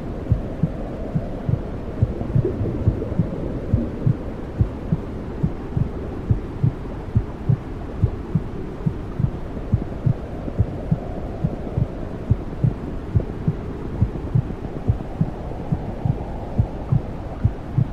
Womb sounds heart beat.